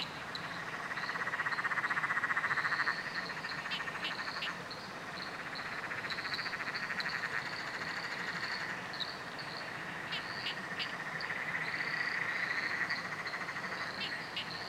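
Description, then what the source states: Frog chorus: dense, rapid pulsed trilling swelling and fading, overlaid by many short higher peeps and clicks from overlapping callers throughout. Nocturnal chorus at night under a bridge, Royal National Park.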